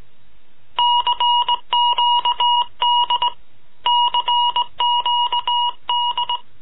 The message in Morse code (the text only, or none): CQD CQD